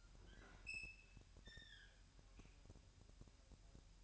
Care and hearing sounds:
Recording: daily activity, microphone in the room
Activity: open fridge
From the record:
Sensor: 2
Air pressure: 1001.9 hPa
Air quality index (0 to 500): 248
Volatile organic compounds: 39 ppm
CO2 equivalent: 3129 ppm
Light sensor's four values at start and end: 8/28/11/10 and 8/28/11/10

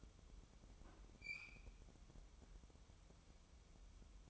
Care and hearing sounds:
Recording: daily activity, microphone in the room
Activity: open fridge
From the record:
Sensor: 1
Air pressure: 988.4 hPa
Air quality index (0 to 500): 198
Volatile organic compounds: 998 ppm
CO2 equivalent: 5280 ppm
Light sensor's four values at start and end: 26/97/36/38 and 26/97/36/38

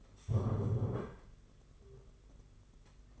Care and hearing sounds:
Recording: daily activity, microphone in the room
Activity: stand up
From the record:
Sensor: 4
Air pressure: 992.4 hPa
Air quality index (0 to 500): 118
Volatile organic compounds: 27 ppm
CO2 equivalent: 2889 ppm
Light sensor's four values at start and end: 20/72/26/28 and 20/72/26/27

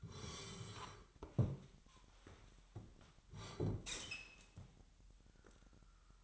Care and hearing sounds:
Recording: daily activity, microphone in the room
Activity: sit down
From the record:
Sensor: 3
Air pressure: 998.4 hPa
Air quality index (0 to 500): 129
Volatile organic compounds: 4 ppm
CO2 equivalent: 1538 ppm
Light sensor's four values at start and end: 15/31/14/17 and 9/21/9/9

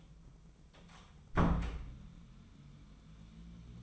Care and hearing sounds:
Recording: daily activity, microphone in the room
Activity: close door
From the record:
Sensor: 1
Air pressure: 1005.0 hPa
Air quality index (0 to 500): 85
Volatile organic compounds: 2 ppm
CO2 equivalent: 1154 ppm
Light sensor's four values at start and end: 10/24/9/10 and 10/23/9/10

